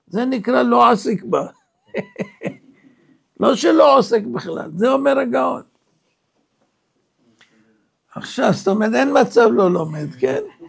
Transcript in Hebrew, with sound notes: זה נקרא לא עסק בה. [צחוק] לא שלא עוסק בכלל, זה אומר הגאון. עכשיו זאת אומרת אין מצב לא לומד כן